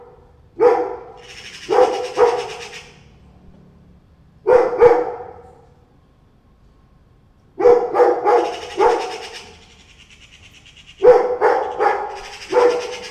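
A dog barks in short bursts of two or three, with harsh bright chattering between barks and quiet pauses in between.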